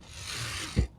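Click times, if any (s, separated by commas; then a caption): none. A retractable add-on fixture in a BMW 740i is pushed back into its housing by hand toward its locked, stowed position, making a steady rasping, rubbing sound with a short low thump near 0.8 s. Nothing has seated or locked in place yet.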